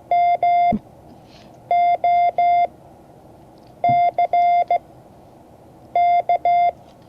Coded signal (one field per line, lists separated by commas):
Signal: Morse code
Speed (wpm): 16 wpm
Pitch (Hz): 700 Hz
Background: none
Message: MOCK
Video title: Morse code class 2024-07-23 (2 of 12)